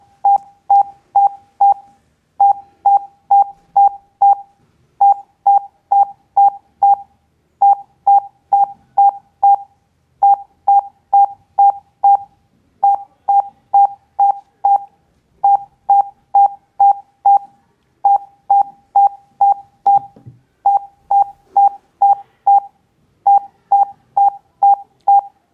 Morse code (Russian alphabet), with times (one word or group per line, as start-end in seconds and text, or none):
none